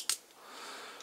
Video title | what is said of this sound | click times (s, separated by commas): 豪宅玩具~1190~2006超級戰隊轟轟戦隊ボウケンジャー轟轟戰隊冒險者 轟轟合體 大冒險 | 底跟车子的车底跟车上部的部分，这往上一扣，扣 | 0.1 s